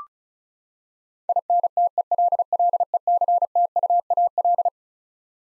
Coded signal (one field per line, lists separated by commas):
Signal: Morse code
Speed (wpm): 34 wpm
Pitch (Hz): 700 Hz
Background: none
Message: INTELLECTUAL